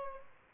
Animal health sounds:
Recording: mosquito wingbeat signal from an infrared sensor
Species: Aedes albopictus

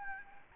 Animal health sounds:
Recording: mosquito wingbeat signal from an infrared sensor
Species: Anopheles gambiae

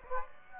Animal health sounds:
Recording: mosquito wingbeat signal from an infrared sensor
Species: Aedes aegypti

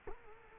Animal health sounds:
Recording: mosquito wingbeat signal from an infrared sensor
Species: Culex quinquefasciatus

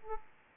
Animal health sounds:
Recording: mosquito wingbeat signal from an infrared sensor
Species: Aedes aegypti

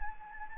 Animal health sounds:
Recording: mosquito wingbeat signal from an infrared sensor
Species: Anopheles gambiae

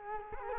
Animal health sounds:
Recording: mosquito wingbeat signal from an infrared sensor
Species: Culex quinquefasciatus

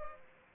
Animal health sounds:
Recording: mosquito wingbeat signal from an infrared sensor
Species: Aedes aegypti

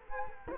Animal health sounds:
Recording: mosquito wingbeat signal from an infrared sensor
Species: Culex quinquefasciatus

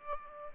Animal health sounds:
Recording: mosquito wingbeat signal from an infrared sensor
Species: Aedes albopictus

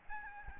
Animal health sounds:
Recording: mosquito wingbeat signal from an infrared sensor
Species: Aedes albopictus

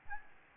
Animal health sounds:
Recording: mosquito wingbeat signal from an infrared sensor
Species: Aedes albopictus

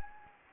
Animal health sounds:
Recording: mosquito wingbeat signal from an infrared sensor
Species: Anopheles gambiae

